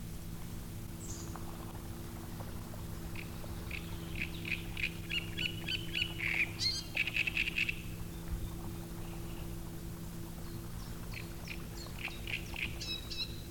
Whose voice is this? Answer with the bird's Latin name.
Acrocephalus arundinaceus